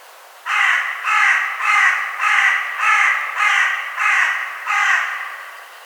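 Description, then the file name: Carrion crow producing a run of eight loud, harsh caws at a steady rhythm of about one every 0.6 seconds. "Corvus corone"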